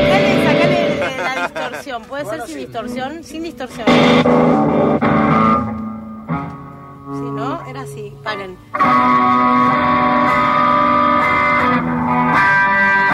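A loud, heavily distorted electric guitar, worn by a player performing a song, plays sustained chords and wavering, bent notes, with a couple of brief dips before the full, buzzing tone returns.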